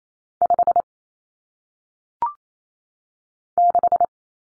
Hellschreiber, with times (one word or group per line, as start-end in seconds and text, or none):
none